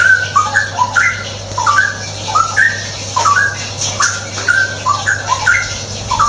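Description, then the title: Straw-headed bulbul, mellow gurgling whistles in rapid repeated phrases that dip and rise, continuous throughout, with a low background hum. Masteran tutoring track for training caged birds; ropel gacor style, meaning rapid, continuous, energetic singing. "mster Mnuk. Masteran Burung CUCAK ROWO. Cucak Rowo Ropel Gacor"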